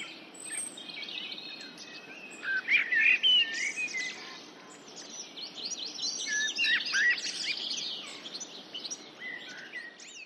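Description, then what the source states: Common blackbird singing two main phrases separated by a pause, against constant background noise. Recorded in the UK.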